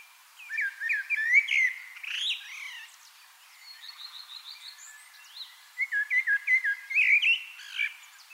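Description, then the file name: Common blackbird song with rich, fluty warbling and a strained high flourish, a quiet pause of thin notes, then another mellow phrase. "Turdus merula"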